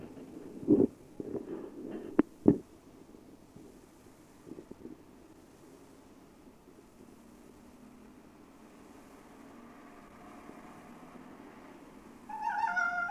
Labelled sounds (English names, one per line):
Red Fox